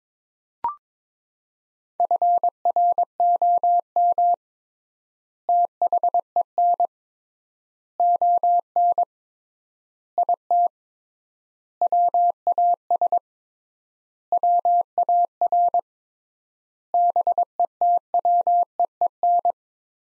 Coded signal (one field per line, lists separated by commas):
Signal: Morse code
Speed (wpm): 22 wpm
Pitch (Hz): 700 Hz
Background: none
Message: FROM THEN ON IT WAS WAR BETWEEN